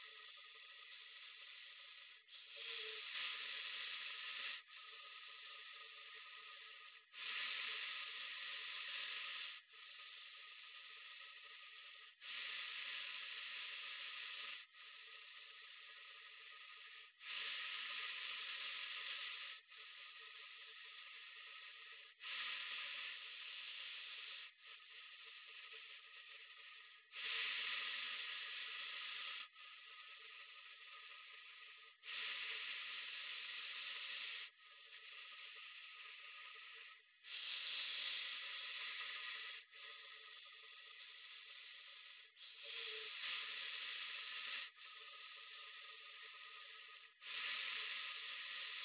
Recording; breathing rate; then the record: paced breathing near a phone; 12 breaths a minute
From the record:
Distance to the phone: 40 cm